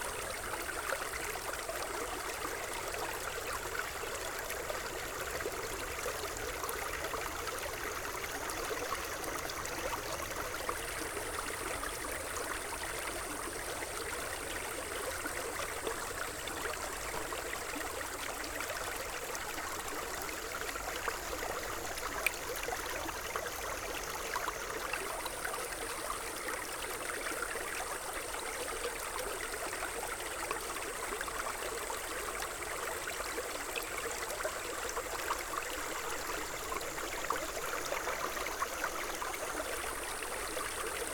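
A field recording from Kyoto, Japan, filled with a steady, dense rush like flowing stream water that stays even throughout. Above it, a thin high whine slowly drifts downward, then jumps back up and starts again about every fourteen seconds.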